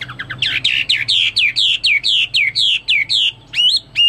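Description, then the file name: Chinese hwamei giving a steady series of loud, downslurred whistled notes, ending with two sharp notes. "omkicau hwamei"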